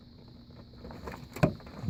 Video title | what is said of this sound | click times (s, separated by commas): Chrysler, Dodge door pops and clicks. Door Check | so and just snaps right in place | 1.4 s